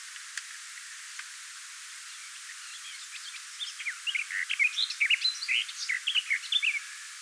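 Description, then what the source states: Garden warbler song, a soft rapid warbling run of varied chirps and twitters starting midway and continuing almost to the end, over a steady background hiss. Sang in bushes on 17 July 2026.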